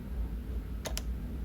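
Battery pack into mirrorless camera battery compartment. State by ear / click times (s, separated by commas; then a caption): not seated / none. A lithium-ion battery pack, fresh out of the box, is handled at the battery compartment of a Canon R6 Mark II mirrorless camera body, near a small white retaining lever. Two short, sharp ticks come at about 0.9 s and 1.0 s over a steady low rumble. Nothing has seated or clicked into place yet.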